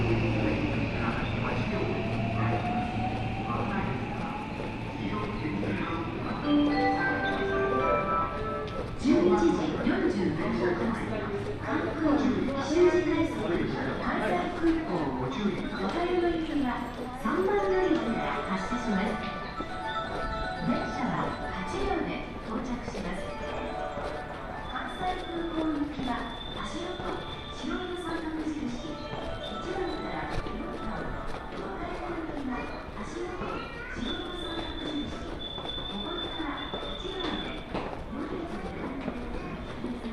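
Walking through a busy railway station on a rail trip, with a steady crowd of voices chattering and footsteps throughout. A low hum and a rising tone open the recording, and high electronic chimes sound twice near the end.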